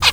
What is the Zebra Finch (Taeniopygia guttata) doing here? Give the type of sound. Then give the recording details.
kackle call. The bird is a female. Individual fem9